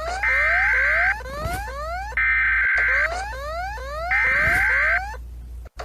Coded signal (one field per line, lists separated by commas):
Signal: Emergency Alert System (SAME) tones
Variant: header bursts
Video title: Skinwalker EAS